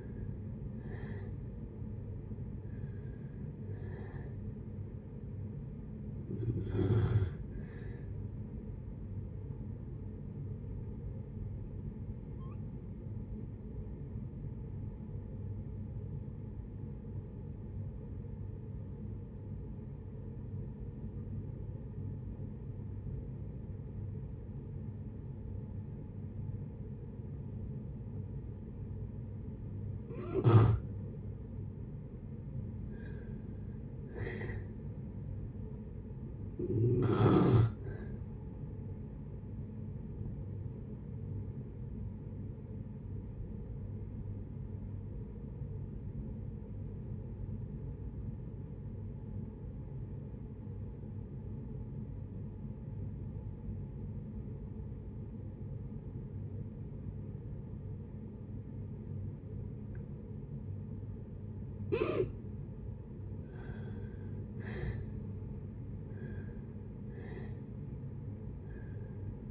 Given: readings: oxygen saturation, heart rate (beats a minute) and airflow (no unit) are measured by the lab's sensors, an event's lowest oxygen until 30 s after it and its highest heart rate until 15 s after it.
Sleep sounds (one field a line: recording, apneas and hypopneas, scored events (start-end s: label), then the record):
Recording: breathing in sleep by a smartphone at the bedside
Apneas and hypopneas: 2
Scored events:
11.00-31.20 s: hypopnea (N1, oxygen 94% highest, then 80% lowest, heart rate 63 at the start, 73 highest)
43.00-63.20 s: obstructive apnea (N1, oxygen 93% highest, then 75% lowest, heart rate 69 at the start, 75 highest)
From the record:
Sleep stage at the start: N1 (lightest sleep)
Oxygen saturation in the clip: 68 to 94%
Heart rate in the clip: 60 to 77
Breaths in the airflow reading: 11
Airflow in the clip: -7.6 to 7.6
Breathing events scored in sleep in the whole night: 496 in 5.4 hours asleep